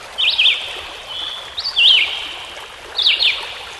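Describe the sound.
Songbird song: three quick zigzag whistled phrases with a softer drawn-out note after the first, against steady running water.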